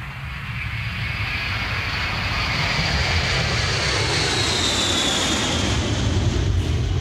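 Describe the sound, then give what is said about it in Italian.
Steady, droning airplane cabin engine noise fills the whole stretch, a deep rumble with a broad hiss above and faint high whining tones sliding slowly in pitch. No voices are heard. “Roberto Scaltritti con un effetto ci ha portato proprio in aereo”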